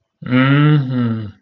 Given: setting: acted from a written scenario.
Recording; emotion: vocal sound without words; contempt